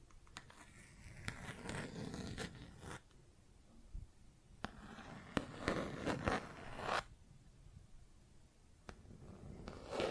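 Plastic objects are scratched and tapped in uneven bursts: rough, zipper-like scraping runs from about one to three seconds and again from five to seven. Sharp single taps punctuate the clip, with quieter pauses between the busy stretches and a final rustle at the end.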